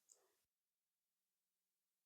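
A lipstick refill is handled as it is fitted into a refillable lipstick case. A brief sharp tick at about 0.1 s rises out of a short burst of handling noise that fades by 0.5 s, followed by near-silence. The refill has not seated or clicked home yet.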